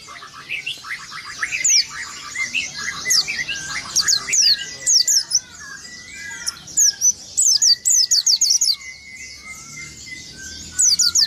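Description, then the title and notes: Oriental white-eye twittering: quick, high, sharp chirped phrases in loud bursts, mixed with lower drawn-out whistles. "Burung Peci. pleci"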